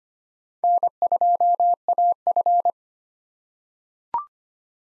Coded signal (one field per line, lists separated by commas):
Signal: Morse code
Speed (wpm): 25 wpm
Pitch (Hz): 700 Hz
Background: none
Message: N2AF